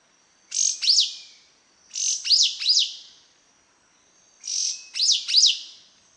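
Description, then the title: Yellow-green grosbeak song: three-part phrases of high, sharply slurred notes, repeated roughly every two seconds over a faint steady high tone. Subspecies frontalis. "LuckyPassaro Completos2Sama. Yellow-green Grosbeak (Caryothraustes canadensis frontalis)"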